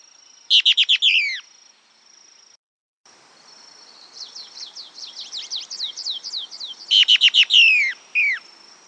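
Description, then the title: Plain-crested elaenia calling, quick bursts of sharp descending notes in rapid series, a pause, then longer rattling runs of high downslurred notes. Subspecies Elaenia cristata cristata. "LuckyPassaro Completos2Sama. Plain-crested Elaenia (Elaenia cristata cristata)"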